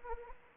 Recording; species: mosquito wingbeat signal from an infrared sensor; Anopheles arabiensis